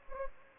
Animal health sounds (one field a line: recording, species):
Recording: mosquito wingbeat signal from an infrared sensor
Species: Anopheles gambiae